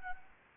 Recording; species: mosquito wingbeat signal from an infrared sensor; Anopheles gambiae